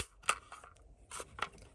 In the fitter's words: and that locks into place when you push your button in from this side